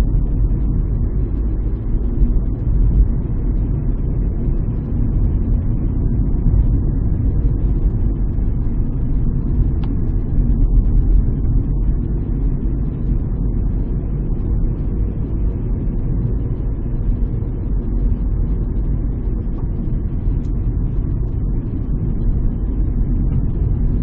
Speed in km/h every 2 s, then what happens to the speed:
42, 42, 47, 38, 36, 37, 39, 40, 39, 38, 37, 37.
0-24 steady at about 38.